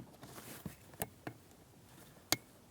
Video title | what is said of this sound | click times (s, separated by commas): How to Replace Blower Motor Resistor 2007-2014 GMC Sierra 2500 HD | After an audible click from that, a quick wiggle, | 2.3 s